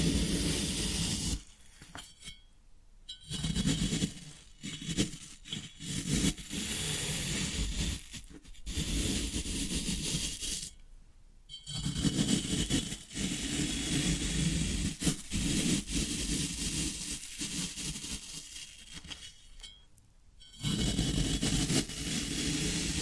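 Floral foam being pressed, squeezed and broken in short bursts of dense, crisp crunching and crackling, separated by brief silences around 2–3, 11 and 20 seconds. The crumbly texture stays fairly even in loudness, with occasional light scraping and faint clinking.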